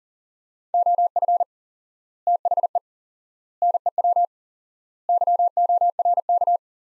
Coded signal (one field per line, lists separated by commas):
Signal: Morse code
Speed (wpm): 37 wpm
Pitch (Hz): 700 Hz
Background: none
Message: OF THE NEW YORK